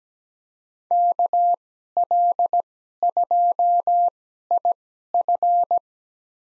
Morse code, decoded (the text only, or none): KL2IF